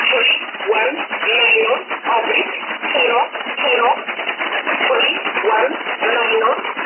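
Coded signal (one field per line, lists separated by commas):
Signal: numbers station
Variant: E11 Oblique, English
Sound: voice over shortwave radio, narrow and muffled, speaking with brief pauses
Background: radio static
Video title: 16 09 2017 Numbers station E11 Oblique in English to Eu 0806 on 9200 unknown tx site in USB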